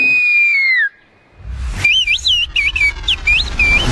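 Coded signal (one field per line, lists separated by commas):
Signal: whistled language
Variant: Turkish kuş dili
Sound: a long falling whistle, a pause, then quick rising and falling whistled phrases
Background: outdoor ambience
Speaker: the locals decided that to communicate it's easier to whistle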